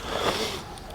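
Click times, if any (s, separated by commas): none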